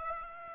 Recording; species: mosquito wingbeat signal from an infrared sensor; Aedes aegypti